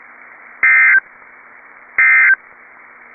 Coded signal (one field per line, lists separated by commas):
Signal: Emergency Alert System (SAME) tones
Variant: end-of-message bursts